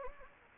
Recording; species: mosquito wingbeat signal from an infrared sensor; Anopheles gambiae